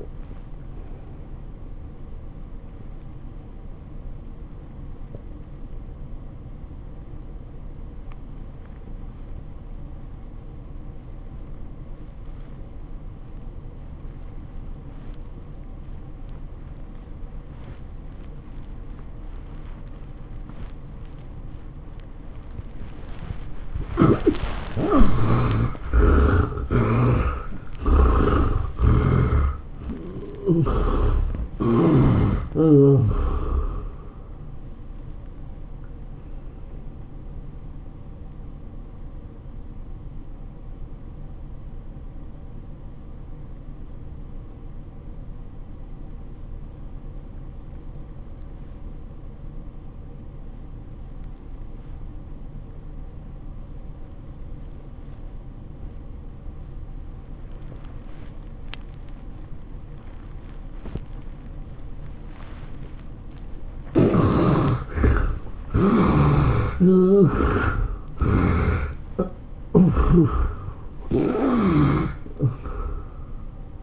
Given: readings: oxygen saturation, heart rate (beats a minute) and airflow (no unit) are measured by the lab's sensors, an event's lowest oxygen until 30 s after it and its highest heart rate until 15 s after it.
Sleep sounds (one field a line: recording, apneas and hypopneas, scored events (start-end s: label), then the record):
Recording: breathing in sleep by a smartphone at the bedside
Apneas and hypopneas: 2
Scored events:
4.00-24.00 s: obstructive apnea (N1, oxygen 88% highest, then 67% lowest, heart rate 96 at the start, 112 highest)
39.00-64.10 s: obstructive apnea (N1, oxygen 97% highest, then 65% lowest, heart rate 91 at the start, 111 highest)
51.00-73.83 s: new sleep stage, N2 (light sleep)
From the record:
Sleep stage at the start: N1 (lightest sleep)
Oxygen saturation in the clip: 66 to 97%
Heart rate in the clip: 71 to 113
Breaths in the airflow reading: 9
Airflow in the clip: -19.1 to 12.5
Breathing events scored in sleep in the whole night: 403 in 5.5 hours asleep